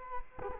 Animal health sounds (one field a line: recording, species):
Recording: mosquito wingbeat signal from an infrared sensor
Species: Culex quinquefasciatus